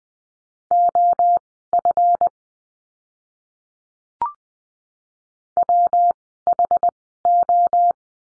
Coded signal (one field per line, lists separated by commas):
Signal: Morse code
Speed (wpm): 20 wpm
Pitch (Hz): 700 Hz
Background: none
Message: OF WHO